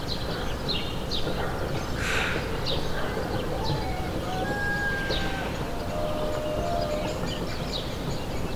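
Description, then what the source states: Birds chirping with high twitters, and a few level whistled notes in the middle. A brief rushing burst comes early, and a low rumble is constant. Morning bird ambience.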